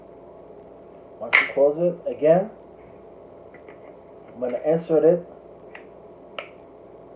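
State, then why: Seated. A metal pistol magazine is inserted into the pistol grip while someone talks, and a sharp click at 6.4 s marks it latching home. The magazine is seated and secure.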